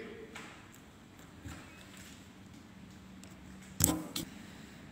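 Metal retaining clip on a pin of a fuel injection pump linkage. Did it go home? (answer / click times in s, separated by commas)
yes / 3.8 s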